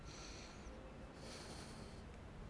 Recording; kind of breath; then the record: one breath in and out by a microphone near the nose and mouth; deep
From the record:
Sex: male